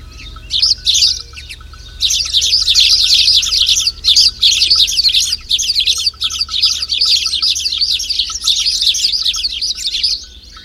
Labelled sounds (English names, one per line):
Spanish Sparrow song